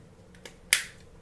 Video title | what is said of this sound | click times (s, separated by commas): How to Replace Mavic Mini FRONT RIGHT Arm Tutorial - Removal and Install - DJI Repair | all right there's two big snaps right behind the front arms | 0.7 s